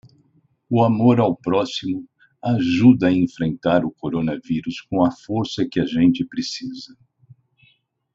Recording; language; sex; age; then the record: spoken sentence; Brazilian Portuguese; male; 60 to 69 years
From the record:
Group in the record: control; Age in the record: 63 years